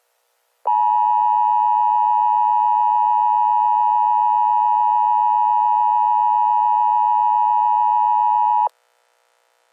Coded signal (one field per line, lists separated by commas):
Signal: Emergency Alert System (SAME) tones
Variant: 853 and 960 Hz attention tone